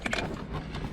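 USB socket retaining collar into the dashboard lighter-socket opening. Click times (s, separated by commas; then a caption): 0.1 s. The retaining collar (or nut) of a new USB socket is tightened onto the socket in the centre-console cigarette-lighter opening of a 2010 Mazda 6 GH. Two sharp clicks at about 0.1 s mark the collar snapping in place, followed by a fainter tap near 0.8 s over a steady low background hum. The collar is seated.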